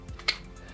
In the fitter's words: very nice and it just locks in there this is going nowhere